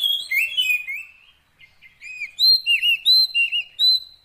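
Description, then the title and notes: Oriental magpie-robin song: a warbled phrase, a brief pause, then a series of clear, loud whistled notes. Long-duration fill-in song intended to make the bird sing vigorously day and night. "Kacer Jadi Gacor Siang Malam. Isian Kacer Durasi Panjang"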